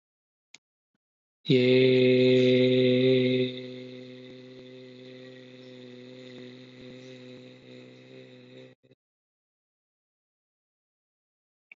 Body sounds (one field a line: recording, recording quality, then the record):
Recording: sustained vowel as in made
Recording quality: excellent, no background noise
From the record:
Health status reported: healthy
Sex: male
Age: 38 years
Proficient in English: yes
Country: India